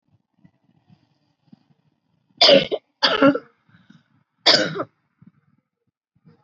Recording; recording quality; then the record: heavy voluntary cough; excellent, no background noise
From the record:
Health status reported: healthy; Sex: female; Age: 25 years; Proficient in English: yes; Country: India